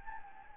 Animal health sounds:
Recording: mosquito wingbeat signal from an infrared sensor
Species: Anopheles gambiae

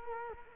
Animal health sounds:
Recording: mosquito wingbeat signal from an infrared sensor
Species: Culex quinquefasciatus

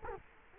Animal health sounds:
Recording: mosquito wingbeat signal from an infrared sensor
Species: Culex quinquefasciatus

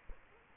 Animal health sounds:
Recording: mosquito wingbeat signal from an infrared sensor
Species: Culex quinquefasciatus

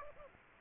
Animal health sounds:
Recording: mosquito wingbeat signal from an infrared sensor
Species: Aedes aegypti

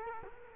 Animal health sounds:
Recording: mosquito wingbeat signal from an infrared sensor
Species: Culex quinquefasciatus

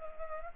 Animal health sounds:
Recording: mosquito wingbeat signal from an infrared sensor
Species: Culex pipiens

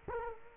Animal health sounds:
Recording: mosquito wingbeat signal from an infrared sensor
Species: Culex quinquefasciatus

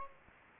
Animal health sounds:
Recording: mosquito wingbeat signal from an infrared sensor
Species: Anopheles gambiae

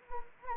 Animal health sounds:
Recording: mosquito wingbeat signal from an infrared sensor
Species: Anopheles gambiae

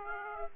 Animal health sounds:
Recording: mosquito wingbeat signal from an infrared sensor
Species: Aedes aegypti

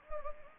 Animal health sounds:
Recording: mosquito wingbeat signal from an infrared sensor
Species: Anopheles gambiae

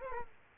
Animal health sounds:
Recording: mosquito wingbeat signal from an infrared sensor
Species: Culex quinquefasciatus

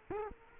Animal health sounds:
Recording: mosquito wingbeat signal from an infrared sensor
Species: Culex quinquefasciatus

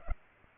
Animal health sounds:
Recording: mosquito wingbeat signal from an infrared sensor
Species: Culex pipiens

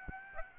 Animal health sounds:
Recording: mosquito wingbeat signal from an infrared sensor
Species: Aedes aegypti

